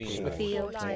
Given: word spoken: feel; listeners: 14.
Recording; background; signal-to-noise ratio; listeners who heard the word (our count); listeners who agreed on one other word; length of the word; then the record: one English word in noise, from a listening test; four-talker babble; 0.3 dB; 4 of 14; 9 of 14; 0.56 s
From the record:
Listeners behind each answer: 9, 4, 1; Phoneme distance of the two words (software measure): 7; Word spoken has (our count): 1 syllable, 3 phonemes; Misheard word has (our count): 1 syllable, 4 phonemes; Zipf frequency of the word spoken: 5.73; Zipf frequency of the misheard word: 4.92